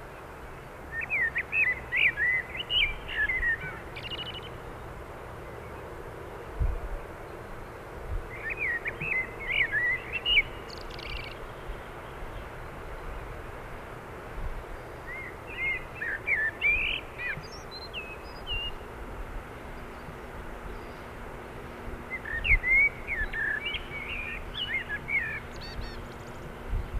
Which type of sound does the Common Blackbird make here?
song